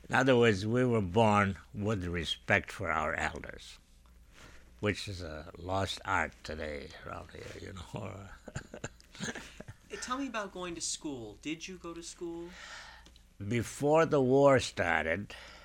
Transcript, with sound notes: In other words, we were born with respect for our elders, which is a lost art today any more. ( he laughs )
Tell me about going to school. Did you go to school?
Before the war started,